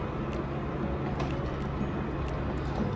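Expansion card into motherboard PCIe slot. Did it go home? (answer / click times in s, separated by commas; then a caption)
no / none. An expansion card is handled over a motherboard PCIe slot, its bracket ends hooked in first and the card lined up over the slot before being pressed down. Only a steady low background rumble with faint light ticks is heard, and nothing has seated or clicked yet.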